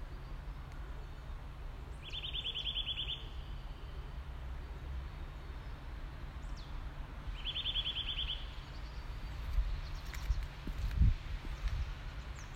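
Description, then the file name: Eurasian nuthatch calls: two short rapid trills of repeated notes, a few seconds apart, over low rumbling background noise. "Sitta europaea"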